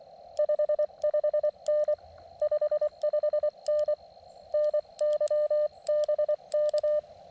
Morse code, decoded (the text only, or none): 55N 55N NY BK